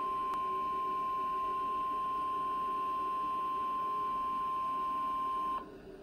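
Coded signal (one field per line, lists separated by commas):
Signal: Emergency Alert System (SAME) tones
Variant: 1050 Hz attention tone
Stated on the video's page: Severe thunderstorm warning received on NOAA Weather Radio from station WXK27.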